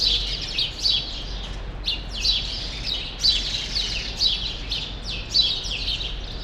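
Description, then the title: Sparrows giving rapid chirps, several birds calling over one another in lively clusters, with faint low hum behind. Sparrows still present in a small remaining part of a once large grove, Rue Saint-Jean Népomucène, Brussels, Belgium; recorded with Earsight V2 AB microphones into a Zoom F3. "Rue Saint-Jean Népomucène 13, 1000 Bruxelles, Belgique - Sparrows - Moineaux"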